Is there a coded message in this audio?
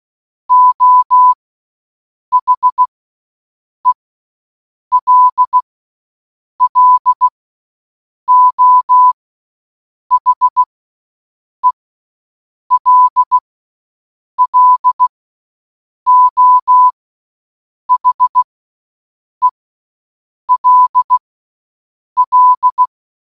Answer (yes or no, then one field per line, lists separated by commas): yes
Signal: Morse code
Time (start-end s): 0.5-22.8 s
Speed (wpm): 16 wpm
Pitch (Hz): 1000 Hz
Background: none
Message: O HELLO HELLO HELL